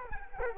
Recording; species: mosquito wingbeat signal from an infrared sensor; Culex quinquefasciatus